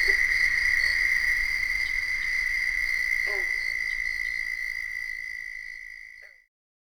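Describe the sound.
Southern toad trill: an even, high buzzy trill holding steady, then fading and stopping near the end.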